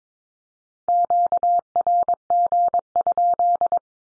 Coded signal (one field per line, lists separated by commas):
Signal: Morse code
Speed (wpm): 22 wpm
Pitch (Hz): 700 Hz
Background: none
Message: QRG?